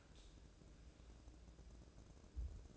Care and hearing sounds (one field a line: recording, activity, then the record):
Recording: daily activity, microphone in the room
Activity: open dishwasher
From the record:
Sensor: 2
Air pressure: 1012.2 hPa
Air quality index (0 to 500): 148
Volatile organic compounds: 2 ppm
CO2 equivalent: 1084 ppm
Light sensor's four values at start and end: 298/734/297/301 and 297/729/296/299